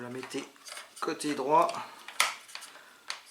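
A plastic/metal shell cartridge is handled and placed at the right-side magazine tube of a Tokyo Marui Kel-Tec KSG-12 airsoft gas shotgun while someone talks. Short hard knocks and clatters come at about 2.2 s, 2.5 s, 3.1 s and 3.3 s. Nothing has seated or clicked into the tube yet.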